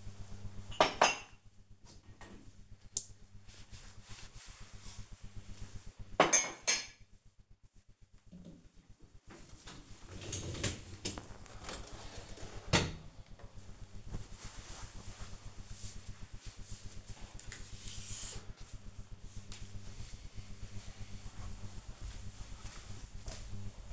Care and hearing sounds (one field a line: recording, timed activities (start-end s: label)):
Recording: household activities, microphone on the right wrist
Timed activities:
0.00-12.43 s: cleaning out the dishwasher